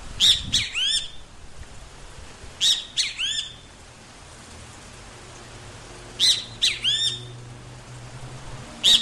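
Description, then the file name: Great kiskadee calls, loud bursts of harsh notes with sweeping upslurred tones, given in several groups a few seconds apart over a steady background hiss. "Benteveo Comun"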